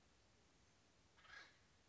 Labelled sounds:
Acorn Woodpecker (Melanerpes formicivorus)
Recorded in Sonoma County, California

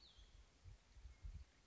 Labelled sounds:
Cassin's Vireo (Vireo cassinii)
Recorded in Sonoma County, California

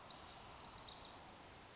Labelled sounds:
Lazuli Bunting (Passerina amoena)
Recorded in Sonoma County, California

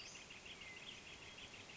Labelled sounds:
Western Flycatcher (Empidonax difficilis)
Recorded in Sonoma County, California

